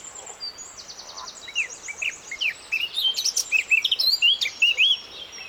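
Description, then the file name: Eurasian blackcap song: a quiet scratchy chattering warble that swells into loud, clear fluty whistled phrases, rapid and varied, over faint background hiss. "Sylvia atricapilla"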